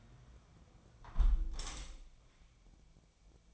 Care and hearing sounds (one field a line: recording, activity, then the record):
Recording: daily activity, microphone in the room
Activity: close window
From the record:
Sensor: 1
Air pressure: 1006.6 hPa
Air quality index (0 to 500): 210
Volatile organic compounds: 25 ppm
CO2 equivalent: 2826 ppm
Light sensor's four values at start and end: 13/33/13/15 and 12/31/12/14